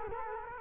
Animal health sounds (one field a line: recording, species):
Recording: mosquito wingbeat signal from an infrared sensor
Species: Culex quinquefasciatus